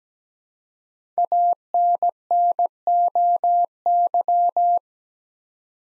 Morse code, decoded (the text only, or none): ANNOY